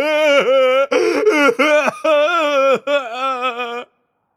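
Loud, drawn-out wailing sobs from the character Mario crying on a stage, in several long bursts, each breaking with a dip in pitch and a catch of breath, before stopping abruptly.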